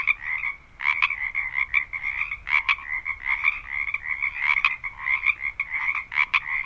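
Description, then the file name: Frogs croaking in a dense chorus, many overlapping rapid croaks pulsing steadily with repeated louder bursts, no other sounds. Recorded at Harbin Hot Springs. "Quiet American - Harbin Hotsprings Frogs"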